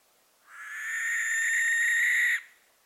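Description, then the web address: Barn owl screech, a single long harsh hissing shriek lasting about two seconds, steady in pitch, then ending sharply. "ptaki plomykowka"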